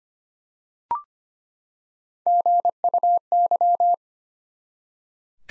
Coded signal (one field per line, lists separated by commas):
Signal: Morse code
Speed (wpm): 25 wpm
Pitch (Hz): 700 Hz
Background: none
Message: GUY